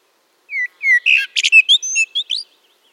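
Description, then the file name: Common blackbird calling, a rapid run of high chirps and whistled notes with a few buzzy bursts in between, lasting about two seconds against a silent background. "Turdus merula"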